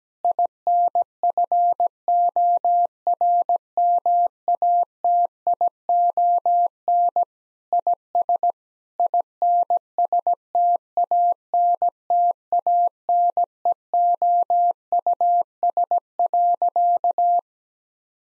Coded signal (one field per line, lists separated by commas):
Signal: Morse code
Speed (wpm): 17 wpm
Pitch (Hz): 700 Hz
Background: none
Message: INFORMATION IS INSTANTANEOUS.